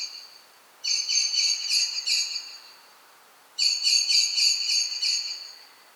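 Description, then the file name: Common blackbird chattering: two quick bursts of several sharp, metallic notes each, delivered in a fast even rhythm with a pause of about a second between. "Turdus merula"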